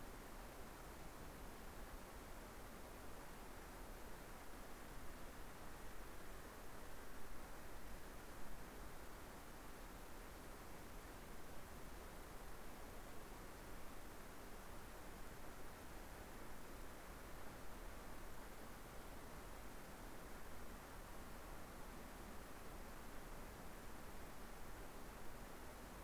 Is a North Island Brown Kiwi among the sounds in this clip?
no